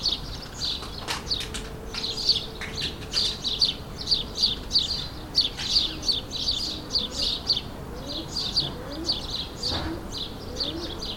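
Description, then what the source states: Sparrows chirp busily, rapid short notes overlapping almost without pause, with occasional fainter lower calls and a low background rumble. Suburban ambient recording, May 2022, several sparrows.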